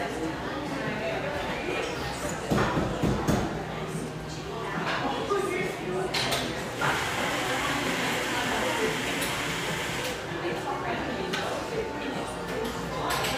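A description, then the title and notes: A busy city street scene in the Pearl District, Portland, with steady overlapping voices, passing traffic, and occasional sharp clatters throughout. Pearl District, Portland, Oregon. We continue wending a caffeinated path through this coffee enclave's most iconic espresso shops.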